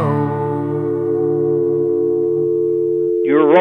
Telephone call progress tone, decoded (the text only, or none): dial tone